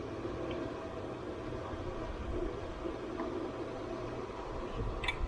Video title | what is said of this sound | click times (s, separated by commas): 2003 GMC K1500 Knock Sensors Code 5.3 LS | push your connector on till it clicks | 5.0 s, 5.1 s